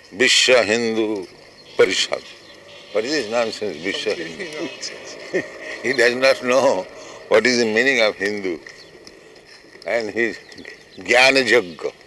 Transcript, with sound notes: Vishva Hindu Parishad. What is this nonsense Vishva Hindu...? [chuckles] He does not know what is the meaning of Hindu. And his jñāna-yajña.